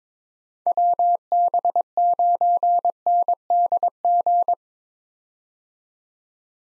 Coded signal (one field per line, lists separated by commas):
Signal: Morse code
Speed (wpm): 22 wpm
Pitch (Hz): 700 Hz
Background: none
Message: WB9NDG